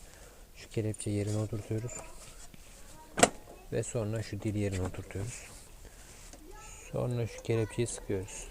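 A hose clamp is set into its seat on the air filter intake duct of a TVS Jupiter 125 scooter while someone talks. A single sharp, short hit sounds at 3.2 s as the clamp seats into place.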